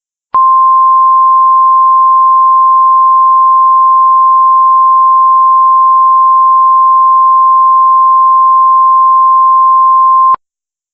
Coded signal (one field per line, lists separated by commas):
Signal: Emergency Alert System (SAME) tones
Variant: 1050 Hz attention tone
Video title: *VALID TONES* EAS REMAKES - Fairbanks, Alaska Severe Thunderstorm 6/2/19